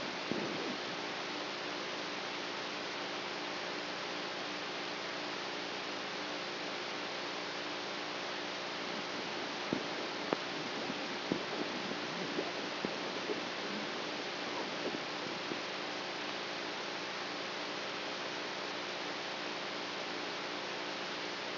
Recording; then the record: brain microelectrode recording played as sound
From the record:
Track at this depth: outside the subthalamic nucleus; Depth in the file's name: 0.314 mm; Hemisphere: right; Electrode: 3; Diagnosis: Parkinson's disease